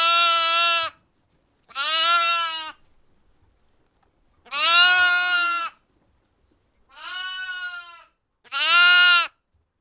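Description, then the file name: Repeated lamb bleats, five vibrant nasal calls roughly a second each, one softer than the rest, with quiet gaps between them. "zvuki iagnenka"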